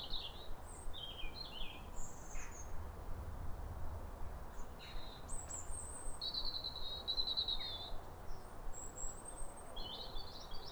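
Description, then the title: European robin song: varied, high, silvery phrases, including a longer warbled run midway, with a soft low rumble throughout. Pair of robins in neighbouring gardens duetting with wistful phrases at a clear, calm, rosy New Year sunrise in winter, after weeks of rain. "Sound Escape 150: Be uplifted by a chorus of New Year's robins"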